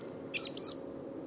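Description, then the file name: Common blackbird calls: two brief, very high, thin notes in quick succession, the second louder, over a low background hum. "Turdus merula"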